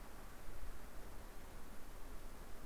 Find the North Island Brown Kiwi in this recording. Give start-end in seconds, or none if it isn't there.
none